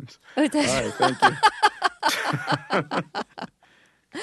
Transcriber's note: soundbite of laughter